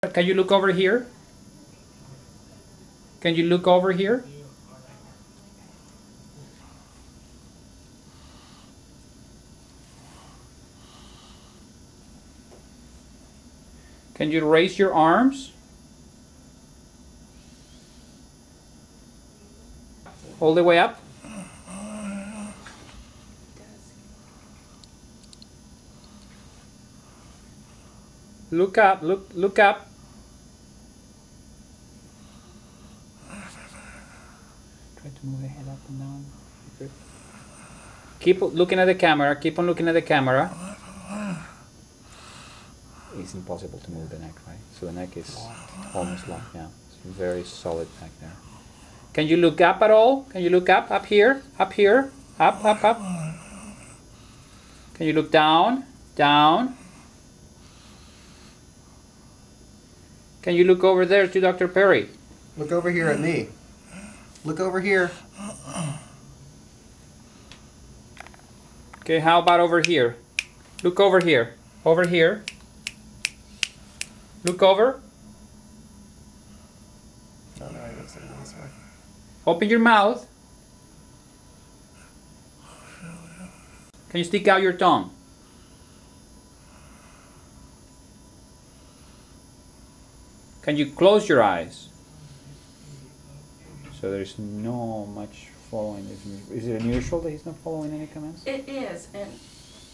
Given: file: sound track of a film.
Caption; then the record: Patient 3 shows marked retrocollis, severe dysarthria and ophthalmoplegia. Patient is videotaped over the course of a “bad spell”, in hindsight interpreted as part of his DLB-associated cognitive fluctuations.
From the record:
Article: Hydrocephalic Parkinsonism: lessons from normal pressure hydrocephalus mimics